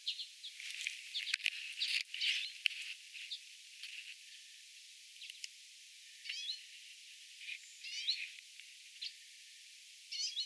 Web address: paivat 12 9 2024 urpiaisten aanta lintutornipolun varrella